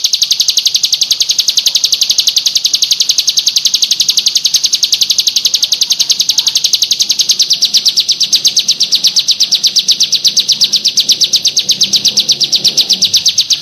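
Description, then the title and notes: Prinia singing a long, even series of sharp high chirps. Complete song, including the 'ngerol' song style. "Suara Kicau Burung Prenjak Lengkap dan Ngerol"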